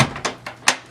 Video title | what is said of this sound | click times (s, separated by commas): XBOX One S Fan Replacement | Oh, that locked into place. | 0.7 s